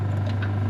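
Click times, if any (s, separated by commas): none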